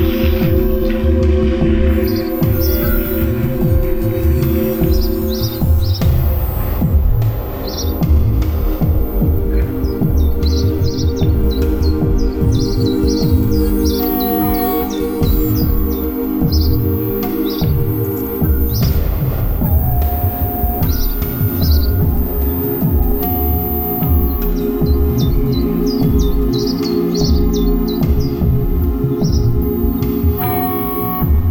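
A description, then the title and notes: Wind chimes ring without pause, their overlapping tones hanging and blending over a low, restless rumble of wind. Short, bright chirps flick in again and again across the whole clip, like birds calling in the background. Bird sounds recorded May 9, 2020 in Germany. I added some virtual noise.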